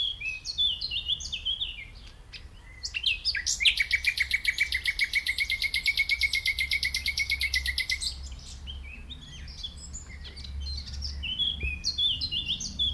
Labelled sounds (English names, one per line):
Common Nightingale song